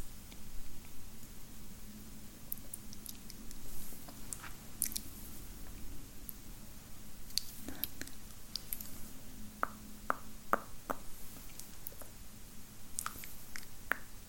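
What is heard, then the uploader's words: Spit painting with random objects: soft wet squishes and sharp clicky taps scattered irregularly, busier after ten seconds, over a low steady hum. Girl With Long Nails Spit Paints You With Random Objects.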